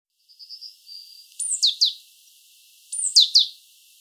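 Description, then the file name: Great tit gives a thin high trill, then two bursts of a high whistle followed by quick falling notes. "Parus major"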